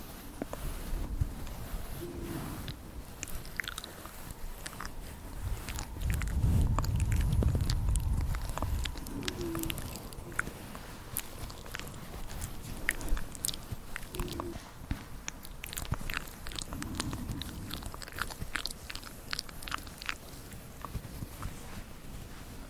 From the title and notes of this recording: Mouth sounds, tapping, mic scratching (NO TALKING).